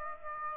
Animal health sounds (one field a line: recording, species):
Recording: mosquito wingbeat signal from an infrared sensor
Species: Aedes aegypti